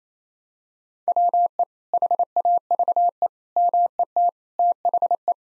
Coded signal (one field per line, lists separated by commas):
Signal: Morse code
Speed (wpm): 27 wpm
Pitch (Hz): 700 Hz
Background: none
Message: WE HAVE MET THE